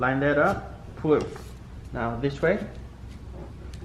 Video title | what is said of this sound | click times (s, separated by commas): How to Replace the Windshield Wiper on a 2008-2017 Mitsubishi Lancer | all right you should be able to hear that click but once it goes in place then you | 3.7 s